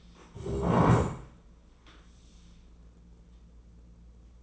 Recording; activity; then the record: daily activity, microphone in the room; stand up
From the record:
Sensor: 1